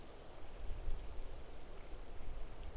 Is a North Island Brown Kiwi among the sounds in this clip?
no